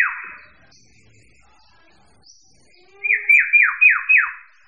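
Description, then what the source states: Bird song: a falling slurred note at the start, a quiet pause with faint high chips, then a rapid series of five descending swept notes. Mixed birds.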